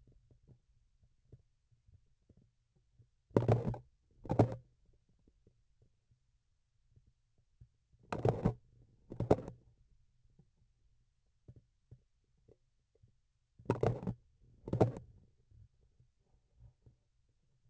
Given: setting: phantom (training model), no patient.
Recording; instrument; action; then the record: laparoscopic instrument, vibration sensor on the handle end; grasping forceps; opening and closing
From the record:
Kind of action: tool actuation without material contact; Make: other than Olympus